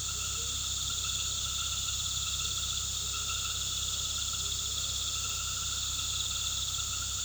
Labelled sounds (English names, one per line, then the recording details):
none
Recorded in pastures near Puerto Asís, Putumayo, Colombia, on 18 February 2024 at 19:00
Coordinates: 0.486, -76.323
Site G6462